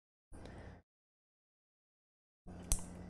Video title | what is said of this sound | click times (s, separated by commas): Computer building LIVE! i7-8700k, Gigabyte Z370, Intel 660p | There we go. If you listen carefully, you can hear those little clips grabbing the tips of the | 2.7 s